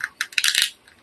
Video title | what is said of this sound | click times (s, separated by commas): DOLLAR START NIGHT (experimenting with later start time) | with like a really satisfying click. | 0.2 s, 0.4 s